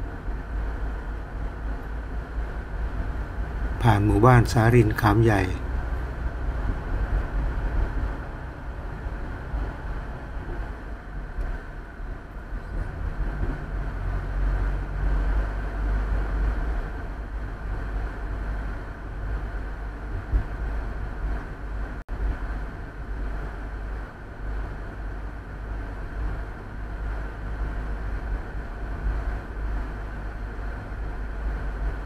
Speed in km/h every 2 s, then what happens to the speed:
33, 35, 36, 37, 38, 38, 38, 40, 41, 41, 41, 42, 42, 42, 42, 42.
0-32 speeds up to 42.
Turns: none.